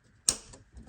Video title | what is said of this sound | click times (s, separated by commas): How To Install A Garbage Disposal | And you just work your way around until you hear it clip in, and you're good to go there. | 0.3 s